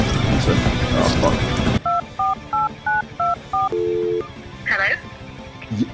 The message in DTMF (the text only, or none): 248924